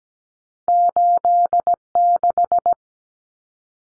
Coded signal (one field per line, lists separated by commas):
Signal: Morse code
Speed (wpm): 17 wpm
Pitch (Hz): 700 Hz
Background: none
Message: 86